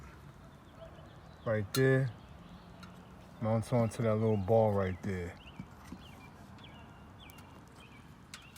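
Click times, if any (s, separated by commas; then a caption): 8.3 s. A SimpliSafe outdoor security camera's plastic clip is pressed onto the small ball of its wall mount while someone talks. A short, sharp click is heard at 8.3 seconds as the clip snaps on and seats onto the ball joint.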